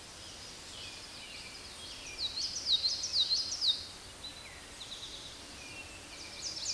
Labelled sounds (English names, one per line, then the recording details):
Common Yellowthroat song
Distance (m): 15 m
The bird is about 5 m above the microphone
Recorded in a Pennsylvania forest on 16 May 2024 at 06:38
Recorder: AudioMoth, point MSD-1849
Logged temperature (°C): 12.1 °C
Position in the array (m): 46 m, 44 m